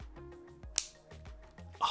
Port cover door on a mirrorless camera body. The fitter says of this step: you know it snaps in you can hear that you can hear that snap you can hear that snap oh satisfying